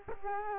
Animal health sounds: mosquito wingbeat signal from an infrared sensor; Culex quinquefasciatus

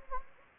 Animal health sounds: mosquito wingbeat signal from an infrared sensor; Anopheles gambiae

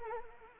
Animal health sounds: mosquito wingbeat signal from an infrared sensor; Anopheles arabiensis

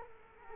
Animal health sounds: mosquito wingbeat signal from an infrared sensor; Culex quinquefasciatus

